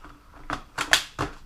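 A battery pack is pushed into its bay on an HP Pavilion laptop, with short broadband knocks and scrapes around 0.5, 0.8 and 1.2 s. The loudest sharp click at 0.9 s is the battery locking in, and it is seated.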